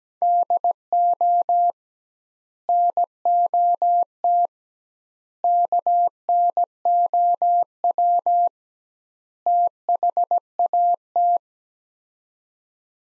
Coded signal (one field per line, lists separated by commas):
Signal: Morse code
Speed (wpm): 17 wpm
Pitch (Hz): 700 Hz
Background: none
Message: DO NOT KNOW THAT